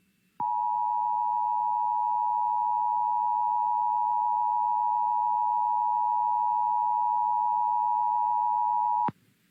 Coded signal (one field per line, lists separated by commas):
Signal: Emergency Alert System (SAME) tones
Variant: 853 and 960 Hz attention tone